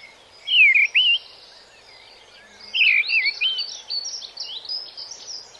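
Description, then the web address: Mistle thrush song: two short loud fluty whistled phrases, the second followed by a run of fainter high warbling notes, over a steady background hiss. "bbc Bird Song Site Mistle Thrush - Grive"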